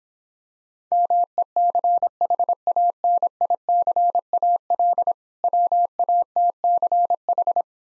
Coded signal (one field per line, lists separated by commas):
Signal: Morse code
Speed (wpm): 26 wpm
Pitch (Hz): 700 Hz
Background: none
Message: MECHANICAL WATCH